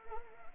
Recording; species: mosquito wingbeat signal from an infrared sensor; Anopheles arabiensis